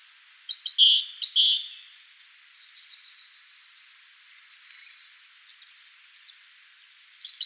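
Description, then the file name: Great tit gives several clipped high notes, then a long buzzy, rapidly pulsed churr lasting about two seconds; more chirps return at the end. "Parus major"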